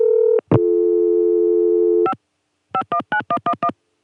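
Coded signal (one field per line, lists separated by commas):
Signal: DTMF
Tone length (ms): 80 ms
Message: 5 519111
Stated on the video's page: Recordings of ConTelNet CCSA telephone network signalling, July 1980 and March 1981.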